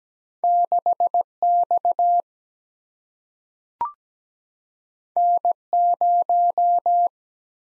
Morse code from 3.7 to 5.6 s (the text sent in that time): N